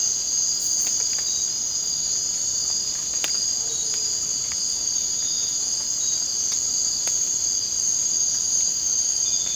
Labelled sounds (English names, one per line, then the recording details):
none
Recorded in secondary vegetation near Puerto Asís, Putumayo, Colombia, on 19 March 2025 at 00:00
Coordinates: 0.484, -76.319
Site G010